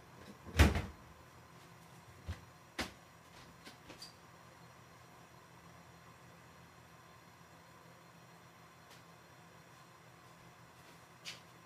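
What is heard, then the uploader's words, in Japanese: Someone is making something in a kitchen. A sharp knock lands near the start, followed by a few lighter clicks and taps over the next few seconds, then a long quiet stretch with a low steady hum before one more soft tap near the end. 環境音 朝、何作ったか忘れた。キッチンで何かを作っていた。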